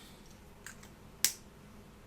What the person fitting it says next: and it clicks back in place all right